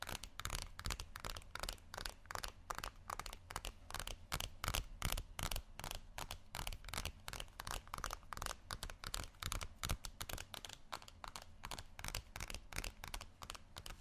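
Tapping continues without pause, a fast, dense run of sharp bright taps packed closely together across the whole stretch. The pace stays fairly even, with a steady low hum underneath and a slightly crinkly texture to some of the hits.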